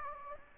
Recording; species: mosquito wingbeat signal from an infrared sensor; Anopheles gambiae